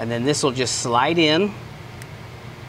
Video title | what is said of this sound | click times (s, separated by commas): How To Add A Quick-Connect To Your Vehicle's Wiring With WeatherPack and MetriPack Terminals | you'll hear it and feel it click | 2.0 s